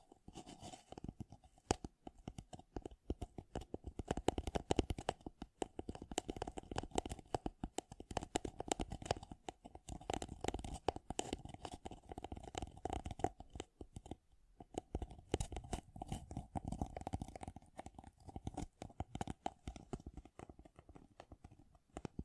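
Rapid fingertip tapping runs through the whole recording, dense and busy with quick clustered clicks and short bursts. The taps stay fairly even in loudness, with a brief lighter gap near fifteen seconds, and a faint steady tone hums underneath throughout.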